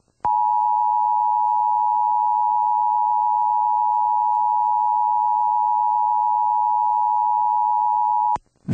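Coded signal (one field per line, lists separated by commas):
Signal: Emergency Alert System (SAME) tones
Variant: 853 and 960 Hz attention tone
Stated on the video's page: Mock-up EAS alert, a fictional recreation about a giant mutant and a nuclear attack.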